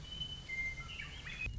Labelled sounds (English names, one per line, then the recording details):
Western Meadowlark
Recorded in Sonoma County, California